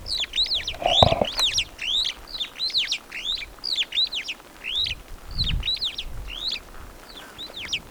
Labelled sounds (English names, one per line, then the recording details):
Superb Starling flight call
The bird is a male
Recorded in Kenya on 24 April 2009 at 15:01
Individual 94, of group SRB2